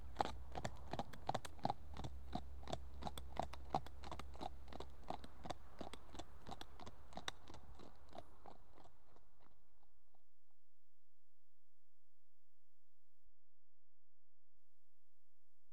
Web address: BBC Sound Effects Library Horses One horse walks on approach